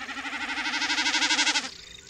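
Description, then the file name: Common snipe drumming, a goat-like pulsing tremolo that grows louder for under two seconds, then cuts off sharply. "Kszyk"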